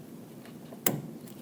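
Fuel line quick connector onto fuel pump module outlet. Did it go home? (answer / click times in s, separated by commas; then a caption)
yes / 0.9 s. On a 2007-13 Nissan Sentra, a plastic quick-connect fuel line is slid onto the fuel pump module outlet nipple. A sharp, bright click at 0.9 s marks it locking on, with fainter ticks around 0.5 s and 1.3 s. The connector is seated and then tugged to confirm it is secure so it won't slide off under pressure.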